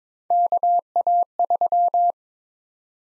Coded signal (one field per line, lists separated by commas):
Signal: Morse code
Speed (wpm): 22 wpm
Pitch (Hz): 700 Hz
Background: none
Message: KA3